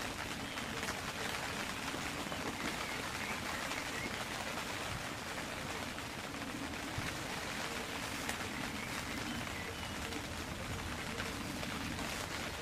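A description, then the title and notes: Rain falls on a tent in a steady, dense patter that holds at an even level for the whole stretch. Countless fine taps and crackles run bright and continuous, with a low rumbling undertone beneath and scattered sharper drops. Relaxing Outdoors Sounds Rain Falling on a Tent.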